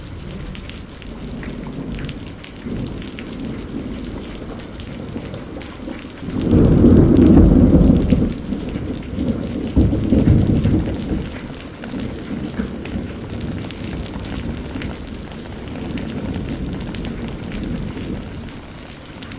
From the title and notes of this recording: Spring Rain Storm for Deep, Calming Sleep.